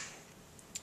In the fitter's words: now I'll take our reset button and we'll put that back in all so easy pops right in then